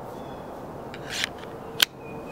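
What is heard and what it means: A blade of a CRKT fixed-blade neck knife (Thunder Strike or Drumfire) is pushed back into its molded plastic sheath. After a soft sliding rasp that builds and cuts off at 1.2 s, a single sharp, bright click sounds at 1.8 s as the knife snaps in and locks with retention, seated.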